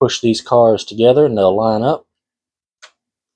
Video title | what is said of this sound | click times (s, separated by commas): PIKO ICE 3 HO Scale Train Set Review and Unboxing - German Train in Fantasy Amtrak Livery | and then snap into place, just like that. | 2.8 s